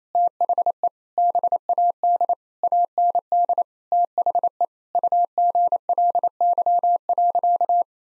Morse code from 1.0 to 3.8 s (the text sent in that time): BAD AND